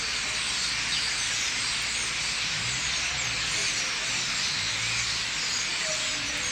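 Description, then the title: Common starlings calling together by the thousands, a steady rushing blend of chatter, evenly loud from start to finish. Thousands of birds gathering in trees at night at a roost in Limoges, France; recorded with a Sony PCM-M10's internal microphones. "4 Rue des Prisons, Limoges, France - Starlings - étourneaux"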